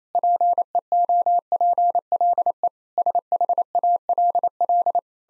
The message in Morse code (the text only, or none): PEOPLE SHALL